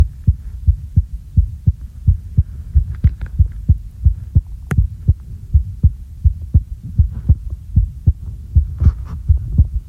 Heartbeat normal a little fast.